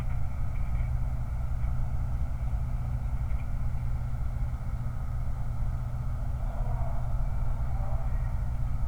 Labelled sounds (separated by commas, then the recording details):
truck
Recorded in the Prudhoe Bay oil fields, Alaska, on 29 July 2019
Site 29